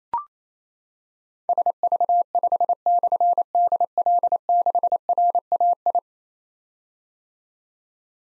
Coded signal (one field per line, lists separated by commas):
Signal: Morse code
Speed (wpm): 27 wpm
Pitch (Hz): 700 Hz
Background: none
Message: SV5/DL6RAI